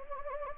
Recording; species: mosquito wingbeat signal from an infrared sensor; Anopheles gambiae